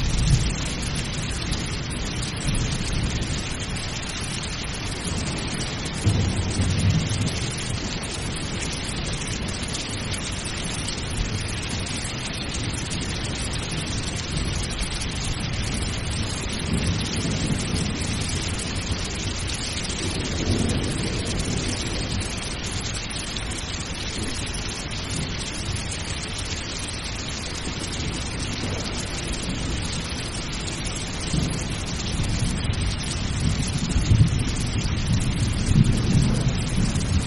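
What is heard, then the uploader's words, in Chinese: Steady heavy rain hisses throughout, with low rolling thunder swelling around six, seventeen, twenty and near the end. 助眠雷雨声 睡眠雨声。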